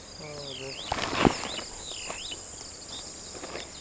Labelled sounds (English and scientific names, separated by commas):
Superb Starling (Lamprotornis superbus) flight call